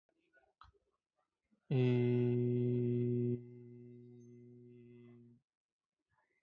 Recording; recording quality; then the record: sustained vowel as in beet; excellent, no background noise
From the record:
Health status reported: healthy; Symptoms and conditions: hypertension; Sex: male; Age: 29 years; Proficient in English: yes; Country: India